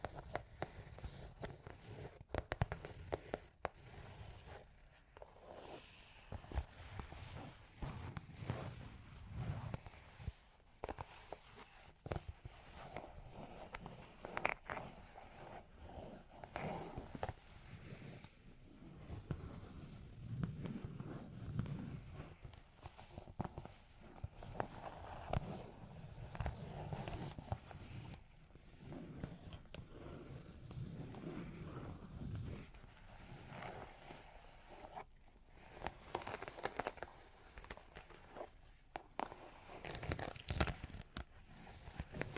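Long claws tap and scratch in quick, uneven bursts across the whole stretch, with sharp clicks mixed among rougher scraping strokes. The activity stays dense and irregular, with heavier low rumbles around the middle and a bright cluster of taps near the end.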